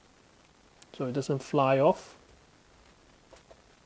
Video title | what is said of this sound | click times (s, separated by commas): hohem iSteady Pro 4 Gimbal Stabiliser review 2022 | this month is really quick release so i just need to make sure it clicks in so | 0.8 s